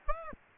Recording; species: mosquito wingbeat signal from an infrared sensor; Aedes aegypti